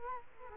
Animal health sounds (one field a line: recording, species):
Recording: mosquito wingbeat signal from an infrared sensor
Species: Culex quinquefasciatus